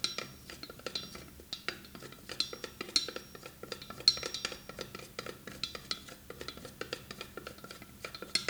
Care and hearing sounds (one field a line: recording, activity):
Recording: daily activity, guitar pickup as the sensor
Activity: fry